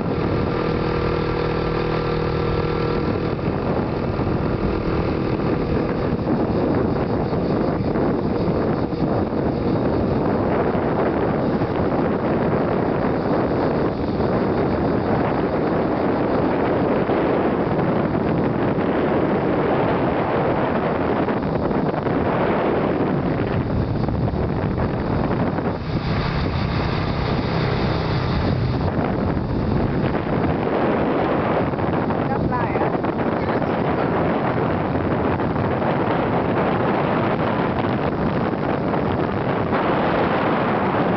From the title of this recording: Motorbike ride around Monkey Mountain, Da Nang, Vietnam